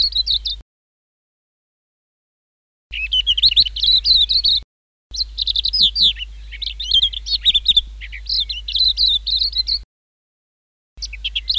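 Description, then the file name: White-eye song: rapid, high twittering phrases of thin chirps and trills, delivered in bursts separated by pauses. "suara kicauan burung kacamata perak. omkicau"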